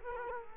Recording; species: mosquito wingbeat signal from an infrared sensor; Culex quinquefasciatus